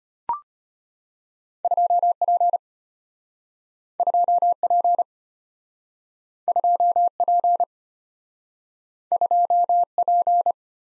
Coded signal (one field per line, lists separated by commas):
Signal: Morse code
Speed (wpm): 33 wpm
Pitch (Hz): 700 Hz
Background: none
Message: 2P 2P 2P 2P